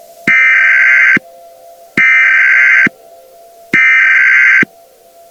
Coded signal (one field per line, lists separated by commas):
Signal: Emergency Alert System (SAME) tones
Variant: header bursts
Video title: Hailstone Horror - A Weather Event EAS Scenario